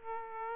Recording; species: mosquito wingbeat signal from an infrared sensor; Aedes aegypti